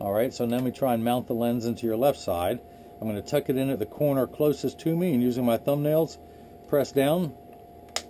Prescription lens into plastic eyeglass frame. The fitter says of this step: and it just snaps right in now i'm going to take this block off